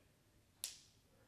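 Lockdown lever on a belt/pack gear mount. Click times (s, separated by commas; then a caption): 0.6 s. The lockdown lever on an S4Gear Evo belt/pack gear mount is pushed down a second time and gives one sharp, bright click at 0.6 s against quiet background. The lever is now locked shut, so the mount won't come apart if it gets bumped around.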